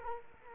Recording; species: mosquito wingbeat signal from an infrared sensor; Culex quinquefasciatus